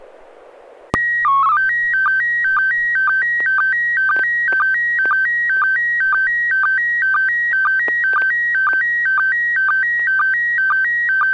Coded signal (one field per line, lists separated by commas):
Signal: SSTV (slow-scan television)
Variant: PD 120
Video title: N6NA SSTV Net - 11/9/2022